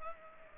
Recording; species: mosquito wingbeat signal from an infrared sensor; Culex pipiens